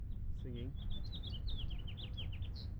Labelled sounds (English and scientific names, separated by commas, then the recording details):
House Finch (Haemorhous mexicanus) song
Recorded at Lynbrook on Long Island, New York, on 17 June 1975
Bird F